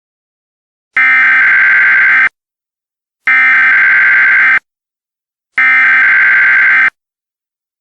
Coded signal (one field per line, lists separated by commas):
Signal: Emergency Alert System (SAME) tones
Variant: header bursts